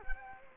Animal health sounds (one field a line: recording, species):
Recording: mosquito wingbeat signal from an infrared sensor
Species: Culex quinquefasciatus